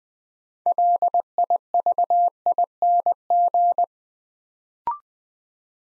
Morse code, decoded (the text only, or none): LIVING